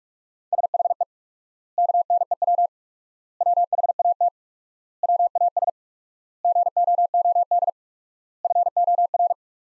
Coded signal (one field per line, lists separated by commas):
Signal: Morse code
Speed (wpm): 47 wpm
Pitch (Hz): 700 Hz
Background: none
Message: SHE KNEW WHAT WAS GOOD FOR